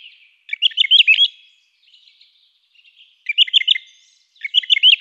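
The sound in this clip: Song thrush: songbird singing three bursts of rapid, repeated whistled notes, with soft quiet twittering between the first two.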